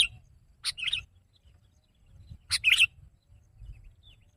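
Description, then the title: Sooty-headed bulbul: two brief bursts of chattering notes, about two seconds apart, over a low rumbling background. "kutilang"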